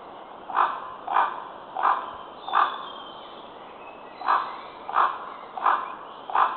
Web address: Common Raven